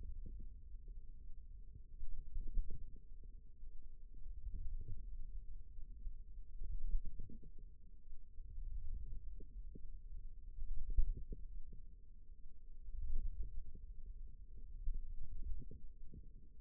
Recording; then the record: forearm muscle sounds (acoustic myography)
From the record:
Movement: wrist extension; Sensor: system 2, bracelet of six BSWA MPA416 microphones around the upper forearm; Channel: 4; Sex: female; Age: 22 years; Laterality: right